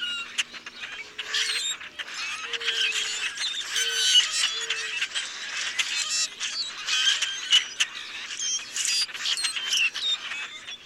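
Common grackles giving scattered harsh squeaks and sharp clicks in bursts, with a few low, soft tonal calls beneath.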